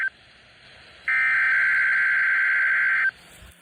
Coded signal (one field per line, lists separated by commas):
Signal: Emergency Alert System (SAME) tones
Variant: header bursts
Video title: EAS 156: Required Weekly Test for the week of 12/13/2021